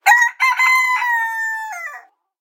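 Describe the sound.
Chicken crowing: a young rooster's cock-a-doodle-doo, opening with one short clipped note, then one long, steady held note that breaks off with a brief drop at the end.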